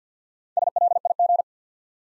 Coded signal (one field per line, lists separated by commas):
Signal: Morse code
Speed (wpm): 48 wpm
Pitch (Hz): 700 Hz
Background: none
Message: SLIG